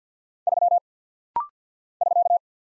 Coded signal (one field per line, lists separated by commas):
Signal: Morse code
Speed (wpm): 50 wpm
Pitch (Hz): 700 Hz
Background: none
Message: 3 <SK>